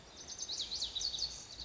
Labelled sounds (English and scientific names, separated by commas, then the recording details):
Lazuli Bunting (Passerina amoena)
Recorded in Sonoma County, California